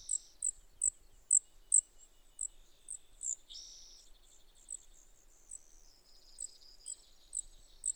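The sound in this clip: Brewer's sparrow song: very high chips repeated at short intervals, with softer buzzy trills woven between them.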